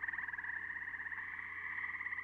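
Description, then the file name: Gray treefrog giving a steady pulsed trill over a faint low background hum. "dan gibsons solitudes gray tree frog"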